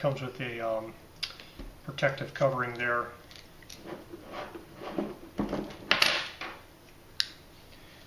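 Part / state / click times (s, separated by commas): quick release plate into the ball head's clamp / seated / 7.2 s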